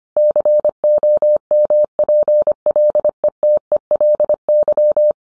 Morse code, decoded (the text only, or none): COMPLETELY